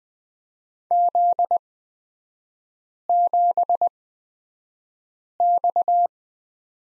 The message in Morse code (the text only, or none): Z7X